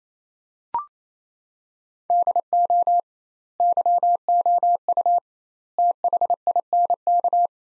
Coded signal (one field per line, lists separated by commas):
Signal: Morse code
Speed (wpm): 28 wpm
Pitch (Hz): 700 Hz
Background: none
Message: DO YOU THINK